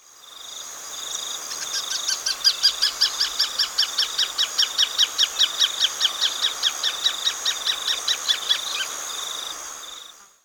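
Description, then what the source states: Rufous-fronted thornbird song, a long steady run of fast, sharp repeated notes, with a thin sustained tone running beneath them. Ecuador.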